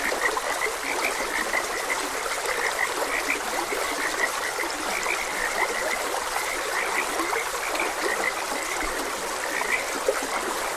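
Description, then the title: Frogs croaking, a steady stream of short, bright chirping notes over continuous rushing, trickling water. Frogs croaking beside a gentle stream. "Gentle Stream and Frogs Croaking"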